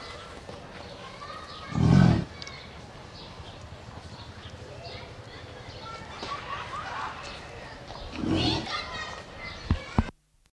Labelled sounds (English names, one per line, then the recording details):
American Bison call
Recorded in captivity
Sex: male
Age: adult
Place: Zoo Berlin, Berlin, DE
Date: 1989-07-17
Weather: partly sunny, 12-16°C
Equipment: Sony WM-D6C, Kopie Tesla B 116
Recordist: Tembrock, Günter